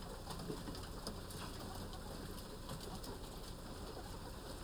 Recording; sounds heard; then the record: poultry house recording; healthy chickens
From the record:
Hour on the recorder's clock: 13